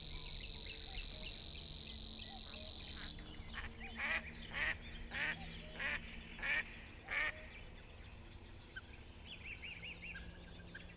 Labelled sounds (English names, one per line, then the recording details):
Savi's Warbler song
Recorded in the wild
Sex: male
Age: adult
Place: Hobrechtsfelder Rieselfelder, Naturpark Barnim, Berlin, DE
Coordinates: 52.6681, 13.4728
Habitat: pond
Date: 2009-05-03
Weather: fair, 6°C, almost no wind
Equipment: Sound Devices 702, Sennheiser MKH 70, Rycote Windschutz
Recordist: Frommolt, Karl-Heinz